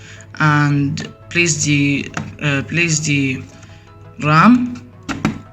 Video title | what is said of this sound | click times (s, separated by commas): How To Build A Gaming PC | and you have to hear the two clicks | 5.1 s, 5.2 s